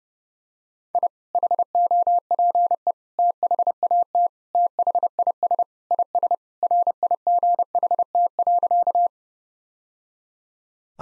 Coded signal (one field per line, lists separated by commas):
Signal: Morse code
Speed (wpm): 30 wpm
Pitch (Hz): 700 Hz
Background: none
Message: I HOPE THAT THIS IS RIGHT.